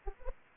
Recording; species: mosquito wingbeat signal from an infrared sensor; Anopheles arabiensis